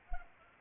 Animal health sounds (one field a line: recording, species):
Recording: mosquito wingbeat signal from an infrared sensor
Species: Culex pipiens